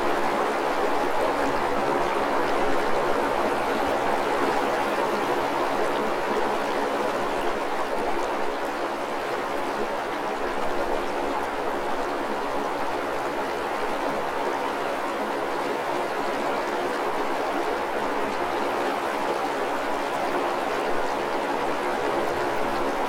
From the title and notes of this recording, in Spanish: La pieza está compuesta por una serie de registros realizados en diferentes localidades de la zona andina del Perú. Asimismo están las grabaciones de flujos de agua, ríos y lagunas de la sierra a más de 3.500 m.s.n.m. Para el registro se utilizaron distintos tipos de grabadoras y micrófonos. Texturas sonoras en un espacio dedicado al culto al agua.